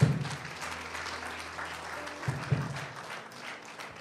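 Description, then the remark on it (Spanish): A church audience applauds the Lord steadily, a dense wash of many hands clapping at once, with a low hum beneath and a few louder claps rising near the middle. “No se me van a dormir, denle un aplauso al Señor, hermanito.”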